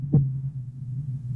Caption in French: En dessous de 50 par minute. C'est ce qu'on appelle de la bradycardie.